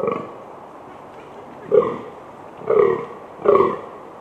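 Fallow deer giving rough, burping groans, one at the start then three more at uneven spacing after a quiet pause, against faint background noise.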